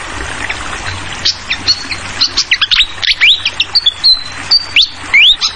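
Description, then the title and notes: Flycatcher song of thin, clear whistles, some rising sharply and some level, mixed with quick chips, over a trickling water background. Masteran (tutoring) of clear-voiced flycatcher song mixed with trickling water, for training songbirds. "Masteran Sikatan Kipas Suara Jernih Dan Suara Gemericik Air. Suara Burung Sikatan Londo"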